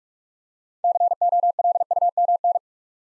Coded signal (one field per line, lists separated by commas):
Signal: Morse code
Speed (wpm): 44 wpm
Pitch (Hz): 700 Hz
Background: none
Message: COLUMN